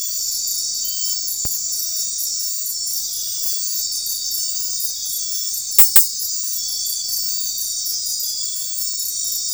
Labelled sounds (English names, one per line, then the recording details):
none
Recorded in secondary vegetation near Puerto Asís, Putumayo, Colombia, on 4 March 2025 at 00:30
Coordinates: 0.499, -76.323
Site G094